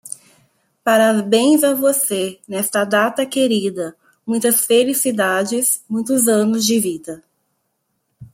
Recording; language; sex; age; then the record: short text; Brazilian Portuguese; female; 30 to 39 years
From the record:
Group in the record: control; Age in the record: 39 years